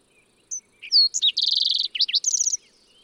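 Fox sparrow singing a rich, musical phrase of whistled slurs, a rapid buzzy trill and short dropping notes, followed by a final rattling flourish.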